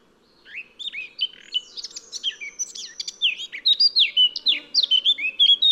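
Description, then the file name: Eurasian blackcap song: soft scratchy twitters building quickly into a loud, rich sequence of clear whistled, fluty notes, with a faint low hum behind. "Sylvia atricapilla"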